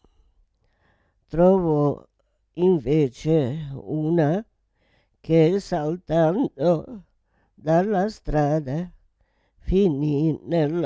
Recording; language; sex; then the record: read passage; Italian; female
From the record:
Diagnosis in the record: Parkinson's disease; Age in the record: 78 years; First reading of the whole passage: 164 s, 3.2 characters per second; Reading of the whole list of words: 108 s, 2.6 characters per second